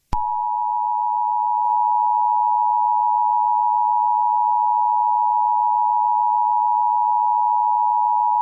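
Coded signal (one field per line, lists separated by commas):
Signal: Emergency Alert System (SAME) tones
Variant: 853 and 960 Hz attention tone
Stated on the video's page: Fictional EAS message made as a birthday greeting, not a real alert.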